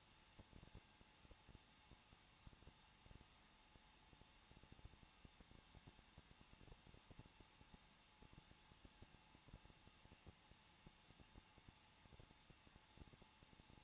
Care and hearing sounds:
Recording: daily activity, microphone in the room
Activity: no activity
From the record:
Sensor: 1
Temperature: 20.1 degrees Celsius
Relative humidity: 39.4%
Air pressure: 1006.4 hPa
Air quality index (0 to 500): 220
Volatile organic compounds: 83 ppm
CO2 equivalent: 3630 ppm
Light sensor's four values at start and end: 1/2/1/1 and 1/2/1/1

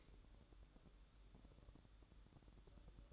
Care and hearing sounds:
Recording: daily activity, microphone in the room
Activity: light off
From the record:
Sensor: 3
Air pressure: 1007.9 hPa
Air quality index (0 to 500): 98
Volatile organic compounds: 1 ppm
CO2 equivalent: 821 ppm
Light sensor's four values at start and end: 17/47/20/18 and 9/22/9/9

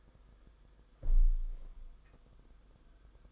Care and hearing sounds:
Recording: daily activity, microphone in the room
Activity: close window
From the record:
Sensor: 5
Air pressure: 990.5 hPa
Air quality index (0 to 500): 164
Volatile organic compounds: 299 ppm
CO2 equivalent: 4478 ppm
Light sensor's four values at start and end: 17/39/16/18 and 17/39/16/17

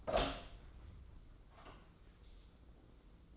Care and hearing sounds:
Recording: daily activity, microphone in the room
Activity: open door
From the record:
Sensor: 3

